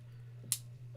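The plastic leg joint of a transforming robot dinosaur toy is pushed from underneath and swung up and around until it locks. A single sharp tick at 0.5 s rises over a steady low hum as the leg joint clicks into place, fully seated.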